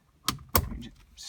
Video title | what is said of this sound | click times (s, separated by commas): 2008 vw jetta clock spring replacement. Airbag light on | snaps right in | 0.6 s